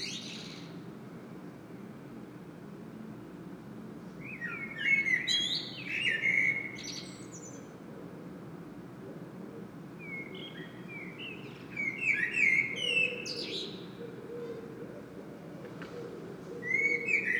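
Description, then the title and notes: Common blackbird singing a few spaced phrases, mellow warbles with high, thin chattering flourishes, with quiet gaps and a low hum underneath. Singing bird in Saint-Gilles, Belgium; recorded with a Sony PCM-M10 internal microphone. "Saint-Gilles, Belgique - Blackbird singing. Le merle chante"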